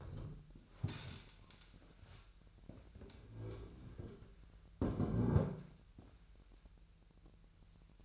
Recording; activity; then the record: daily activity, microphone in the room; stand up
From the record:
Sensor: 2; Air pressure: 1001.8 hPa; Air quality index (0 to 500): 238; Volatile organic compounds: 71 ppm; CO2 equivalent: 3524 ppm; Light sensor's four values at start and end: 8/19/8/8 and 7/16/7/7